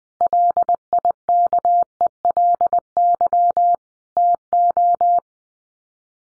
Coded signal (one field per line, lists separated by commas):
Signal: Morse code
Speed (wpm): 20 wpm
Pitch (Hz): 700 Hz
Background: none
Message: LIKELY TO